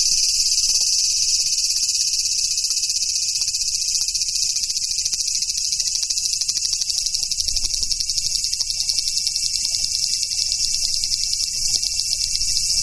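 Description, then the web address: Large brown cicada song, a continuous high sizzling drone with fine rapid pulsing, steady throughout. "sikioto insect aburazemi"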